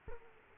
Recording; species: mosquito wingbeat signal from an infrared sensor; Aedes aegypti